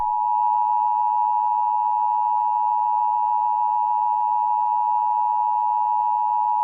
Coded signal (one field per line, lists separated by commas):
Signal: Emergency Alert System (SAME) tones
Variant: 853 and 960 Hz attention tone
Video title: EAS Scenario #7 - Moons Dreadful Reign